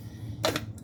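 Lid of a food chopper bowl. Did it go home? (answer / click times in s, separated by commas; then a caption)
yes / 0.4 s. A plastic lid is fitted onto a food chopper or processor bowl and snaps sharply into place at 0.5 s, locking it; the lid has to be locked before the chopper will run. A smaller click follows at 0.6 s and a faint tick near 0.8 s, over a low background hum, and there is no talk.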